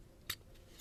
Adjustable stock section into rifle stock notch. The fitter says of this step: locks in again so